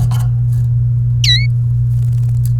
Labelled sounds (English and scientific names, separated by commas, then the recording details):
Domestic Canary (Serinus canaria) song
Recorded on 29 April 2018 at 16:00
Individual llb3